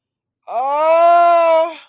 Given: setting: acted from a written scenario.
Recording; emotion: vocal sound without words; ecstasy